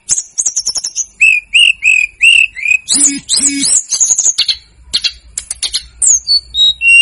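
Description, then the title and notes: Snowy-browed flycatcher song: a quick series of short descending whistled notes, then a burst of harsh chattering and scattered thin high notes falling in pitch. Masteran recording for training cage birds; local names tledekan gunung and sikatan gunung. "Masteran Tledekan Gunung Sikatan Gunung 1. BURUNG TLEDEKAN"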